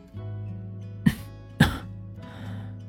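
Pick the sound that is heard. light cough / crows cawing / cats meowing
light cough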